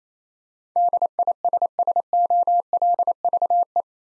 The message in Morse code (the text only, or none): DISSOLVE